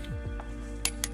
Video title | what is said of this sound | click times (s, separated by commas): 2026 Tesla Model Y Juniper Tire Swap Tutorial - Winter to Summer Wheels | Click. Last one. | 0.9 s, 1.0 s